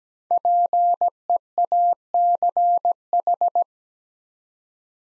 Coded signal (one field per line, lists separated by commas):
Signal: Morse code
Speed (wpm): 17 wpm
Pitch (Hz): 700 Hz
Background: none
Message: PEACH